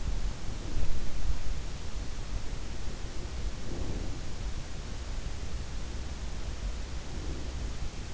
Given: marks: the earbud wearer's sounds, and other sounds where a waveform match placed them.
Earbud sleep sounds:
sounds in sleep by an in-ear microphone; breath
0.36-1.33 s: breath
3.40-4.48 s: breath
6.88-8.14 s: breath

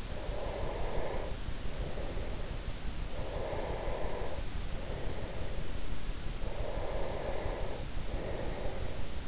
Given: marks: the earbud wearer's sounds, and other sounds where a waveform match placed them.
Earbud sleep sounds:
sounds in sleep by an in-ear microphone; breath
0.07-2.75 s: breath
3.24-6.14 s: breath
6.33-9.28 s: breath

